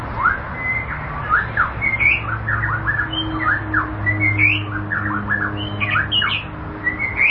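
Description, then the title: White-rumped shama song: a rapid, varied run of short rising and falling whistled notes and slurs, delivered continuously with a steady low background hum. "Kicau Murai Batu"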